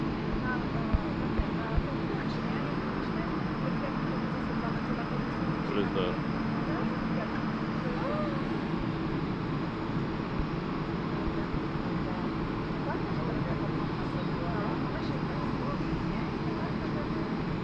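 An airplane waits for departure, filled with a dense, steady murmur of many overlapping voices. A low, constant hum runs underneath, and the level stays even throughout, with only a few faint clicks and brief brighter sounds early on and scattered later.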